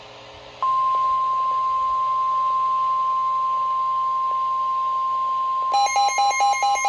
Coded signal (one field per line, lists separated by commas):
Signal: Emergency Alert System (SAME) tones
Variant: 1050 Hz attention tone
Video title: SVR | EAS #952